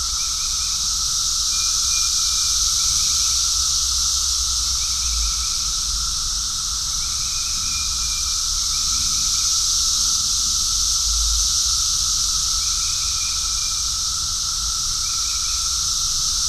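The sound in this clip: Cicada: unbroken high hissing drone, with brief fainter chirps every few seconds and faint low rumbles.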